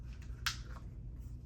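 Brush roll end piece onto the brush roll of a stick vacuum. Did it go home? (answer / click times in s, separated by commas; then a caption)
yes / 0.5 s. On a Miele HX1 Triflex stick vacuum, the brush roll end piece is set over a spring and turned clockwise until it snaps onto its mount on the brush roll. A faint tick at 0.2 s comes before a sharp, bright snap at 0.5 s, after which the piece is seated all the way on.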